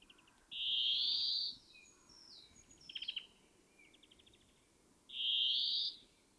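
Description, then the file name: European greenfinch: a drawn-out rising wheeze, then soft twittering notes and a brief trill, then a second long wheeze near the end. "Chloris chloris"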